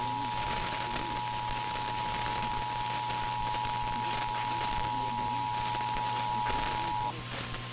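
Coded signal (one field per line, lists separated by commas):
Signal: Emergency Alert System (SAME) tones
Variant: 853 and 960 Hz attention tone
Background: speech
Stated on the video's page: Compilation of EAS Required Monthly Tests and Required Weekly Tests.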